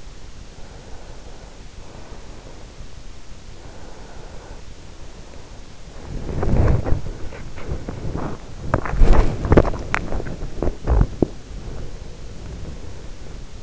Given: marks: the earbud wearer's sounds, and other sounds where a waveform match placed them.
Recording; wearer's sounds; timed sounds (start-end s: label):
sounds in sleep by an in-ear microphone; breath, body movement, teeth grinding
0.53-2.90 s: breath
3.47-5.78 s: breath
5.93-13.62 s: body movement
8.65-10.12 s: teeth grinding
11.60-13.42 s: breath